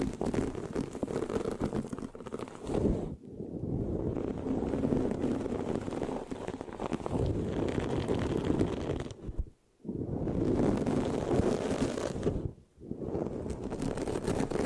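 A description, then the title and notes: Dense scratching directly on a microphone fills the clip with a rough, crackling rumble, strongest in the low and middle range. It runs in long continuous strokes, broken by brief near-silent pauses around three, nine and a half, and twelve and a half seconds. ASMR Giving You a Brain Peel Mic Scratching, Sticky, Brain Massage Triggers (No Talking).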